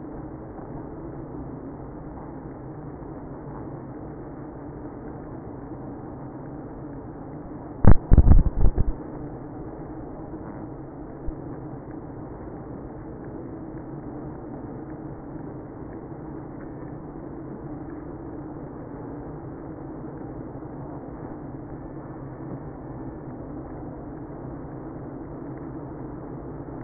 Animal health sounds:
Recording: honeybee colony, microphone inside the hive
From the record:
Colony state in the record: queenless (queen removed)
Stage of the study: after two queens were removed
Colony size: about 60,000 bees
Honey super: yes

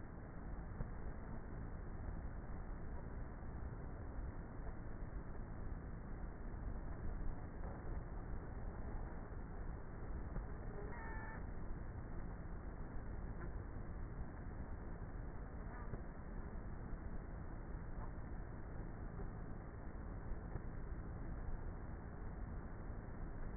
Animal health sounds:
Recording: honeybee colony, microphone inside the hive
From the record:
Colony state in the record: queenless with a low population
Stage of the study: before two queens were removed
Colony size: about 30,000 bees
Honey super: no

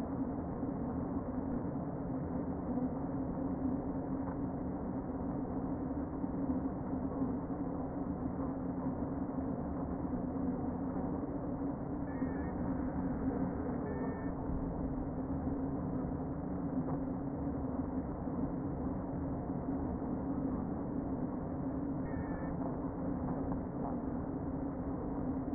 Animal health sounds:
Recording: honeybee colony, microphone inside the hive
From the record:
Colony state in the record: queen present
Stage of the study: before two queens were removed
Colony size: about 60,000 bees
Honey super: yes

